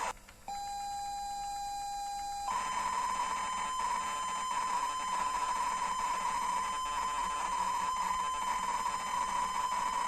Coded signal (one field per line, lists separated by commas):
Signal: ZX Spectrum tape loading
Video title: Tetris Zx Spectrum 128K Sound AY #zxspectrum